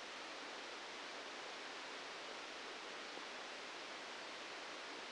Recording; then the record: brain microelectrode recording played as sound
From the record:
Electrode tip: outside the subthalamic nucleus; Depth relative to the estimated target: 2 mm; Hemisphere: left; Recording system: NeuroSet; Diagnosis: Parkinson's disease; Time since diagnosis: 13 years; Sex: male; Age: 65 years